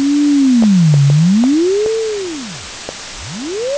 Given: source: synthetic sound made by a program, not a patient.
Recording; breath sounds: synthetic breath sounds; wheeze and crackles